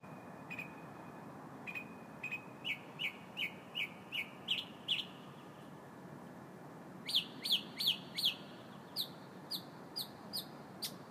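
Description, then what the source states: Bird chirping in a quick series of sharp high notes, a pause, then a second run of bright chirps over steady low background noise. Recorded in the morning on 4 February 2015.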